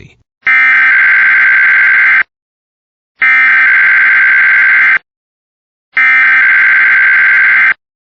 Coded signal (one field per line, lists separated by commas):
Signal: Emergency Alert System (SAME) tones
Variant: header bursts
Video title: EAS Catches #9-12 (EAS) Required Weekly Tests from today and yesterday